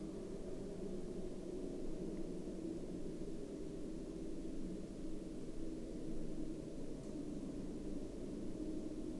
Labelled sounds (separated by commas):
aircraft